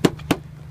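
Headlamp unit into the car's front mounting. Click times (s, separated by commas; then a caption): 0.0 s, 0.3 s. A plastic headlamp unit on a 2008 Ford Focus MK2 is lined up by its guide at the bottom and shoved into the car's front mounting. Two sharp clicks sound at 0.1 s and 0.3 s, with a faint tick between them, as the unit clicks home and is seated.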